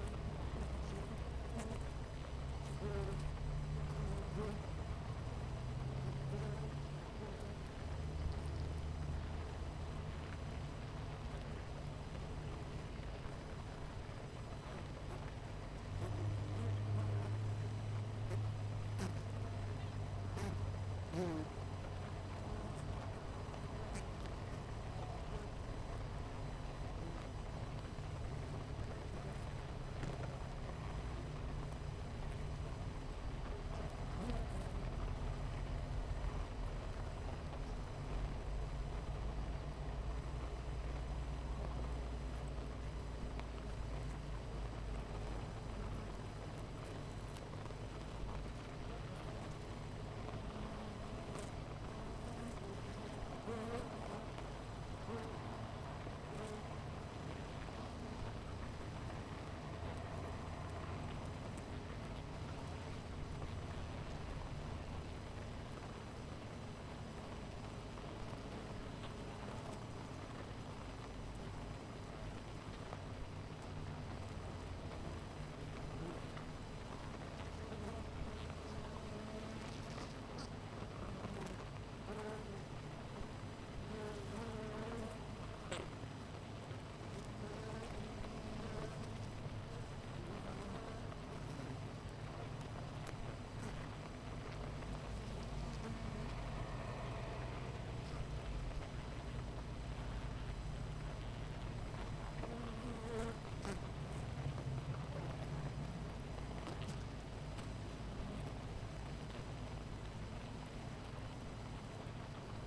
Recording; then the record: honeybee colony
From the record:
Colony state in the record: missing queen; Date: 14 July 2017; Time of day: 9:25